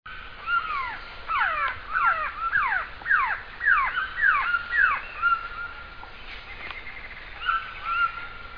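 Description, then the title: Glossy antshrike giving quick runs of falling whistled notes, bunched closely together, then a pause and a few softer notes, with a constant faint tone throughout. "LuckyPassaro Completos2Sama. Glossy Antshrike (Sakesphorus luctuosus)"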